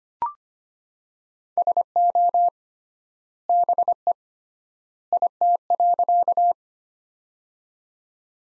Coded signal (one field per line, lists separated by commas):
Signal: Morse code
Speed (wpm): 25 wpm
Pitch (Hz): 700 Hz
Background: none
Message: SO BE IT.